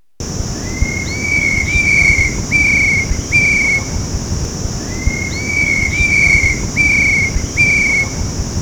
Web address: birdcall Lhcuckoo